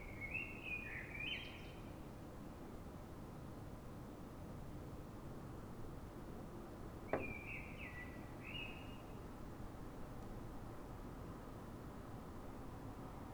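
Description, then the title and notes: Common blackbird song: two short fluted, warbling phrases several seconds apart, over steady low background rumble and one sharp click. Urban blackbird singing in Fuenlabrada, Madrid, Spain; city blackbirds sing before dawn so other blackbirds hear them before human noise begins; called a reclamo; recorded with Zoom H1n. "Pl. de Francisco Escolar, 10, 28944 Fuenlabrada, Madrid, España - Sonido Reclamo de Mirlo. Mirlo cantando, es un sonido de reclamo"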